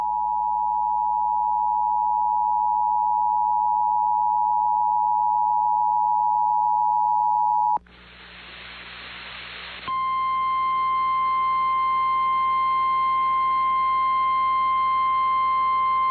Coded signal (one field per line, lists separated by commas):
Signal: Emergency Alert System (SAME) tones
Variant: 853 and 960 Hz attention tone